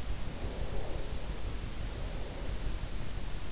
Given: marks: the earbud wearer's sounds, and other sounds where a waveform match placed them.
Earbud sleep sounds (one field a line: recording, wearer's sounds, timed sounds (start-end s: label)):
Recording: sounds in sleep by an in-ear microphone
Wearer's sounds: breath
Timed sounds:
0.46-3.20 s: breath